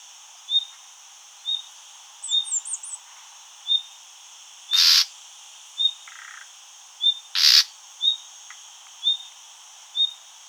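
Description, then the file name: Common nightingale calls: a steady run of thin, high whistles about once a second, broken by two loud, harsh rasping bursts, plus a brief high twittering. "Luscinia megarhynchos"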